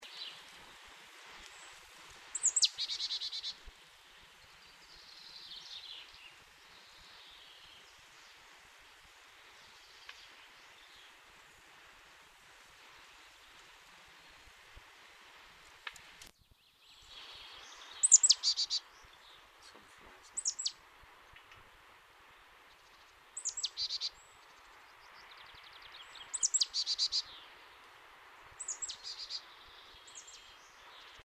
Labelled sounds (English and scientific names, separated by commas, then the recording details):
Marsh Tit (Poecile palustris) alarm call, Common Chaffinch (Fringilla coelebs), European Greenfinch (Chloris chloris)
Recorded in the wild
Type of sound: alarm call
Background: Fringilla coelebs, Chloris chloris
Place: Oberstdorf, Bayern, DE
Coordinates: 47.38, 10.2969
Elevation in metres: 881
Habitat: mountains
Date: 1977-03-25
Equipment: Nagra IV, Sennheiser MKH 405, Parabolreflektor
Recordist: Tretzel, Erwin
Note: Knotenblumenwald, Dietersberg, Oberstwald: Alarmrufe